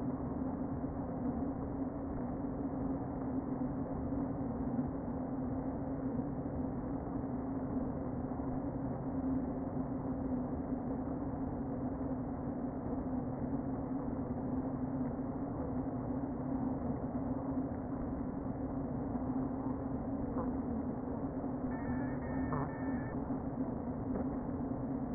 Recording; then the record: honeybee colony, microphone inside the hive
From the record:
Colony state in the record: queen present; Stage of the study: before two queens were removed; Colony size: about 60,000 bees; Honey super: yes